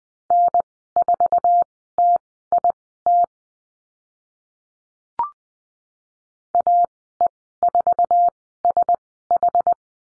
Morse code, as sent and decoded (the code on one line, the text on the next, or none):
-. ....- - .. - / .- . ....- ... ....
N4TIT AE4SH